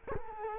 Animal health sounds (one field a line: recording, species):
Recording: mosquito wingbeat signal from an infrared sensor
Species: Culex quinquefasciatus